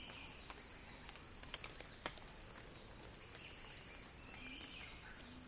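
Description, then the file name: Cicadas drone in a constant high-pitched buzz, joined by brief ticking clicks and faint chirps, with a low rising note near the end. Cicada crescendo; recorded by Axel Drioli for earth.fm. "earth-fm Axel-Drioli Cicada-Crescendo-Sounding-Wild"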